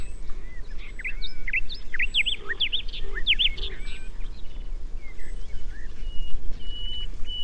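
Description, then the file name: Common nightingale song with quick, loud, sweeping whistled notes repeated in a rapid run, followed by softer, drawn-out whistles against constant low-pitched background noise. "Luscinia megarhynchos"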